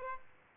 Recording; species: mosquito wingbeat signal from an infrared sensor; Aedes albopictus